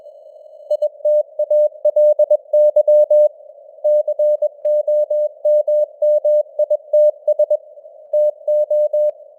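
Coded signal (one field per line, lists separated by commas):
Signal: Morse code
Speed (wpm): 21 wpm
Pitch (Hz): 600 Hz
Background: none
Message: ITALY COMMITS TO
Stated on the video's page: News headlines sent at 21 wpm with simulated radio noise and varying signal strength (QSB); a simulated signal.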